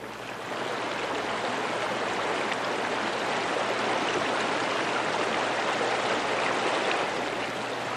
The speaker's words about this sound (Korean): 백담사에 이르기까지 100개의 소가 저마다 아우성치며 흐르건만 그 소리가 아무리 높다 한들 만해의 통분보다 더했으랴.